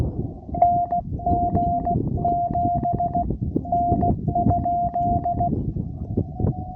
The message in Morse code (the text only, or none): NG7 N?